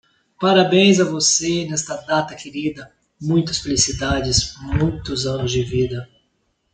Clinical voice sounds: short text; Brazilian Portuguese; male; 40 to 49 years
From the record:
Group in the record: control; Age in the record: 49 years

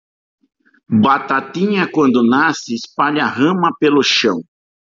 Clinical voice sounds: short text; Brazilian Portuguese; male; 60 to 69 years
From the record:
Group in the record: control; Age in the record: 63 years

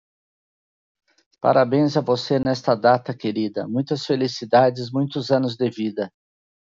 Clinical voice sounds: short text; Brazilian Portuguese; male; 60 to 69 years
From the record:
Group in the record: control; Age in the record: 64 years

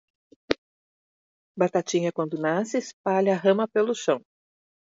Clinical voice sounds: short text; Brazilian Portuguese; female; 50 to 59 years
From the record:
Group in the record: control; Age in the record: 52 years

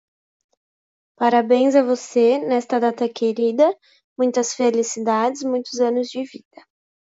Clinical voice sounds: short text; Brazilian Portuguese; female; 20 to 29 years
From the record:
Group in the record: control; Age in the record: 26 years

